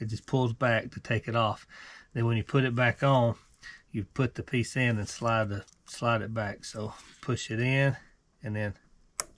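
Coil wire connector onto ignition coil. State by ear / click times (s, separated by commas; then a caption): seated / 9.2 s. On a 2013–2015 Land Rover LR2 2.0L during spark plug replacement, a plastic coil wire connector is pushed onto the ignition coil and its gray locking slide is moved into place while someone talks. A loud, sharp click at 9.2 s marks the connector locking home, seated.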